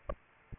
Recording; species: mosquito wingbeat signal from an infrared sensor; Aedes aegypti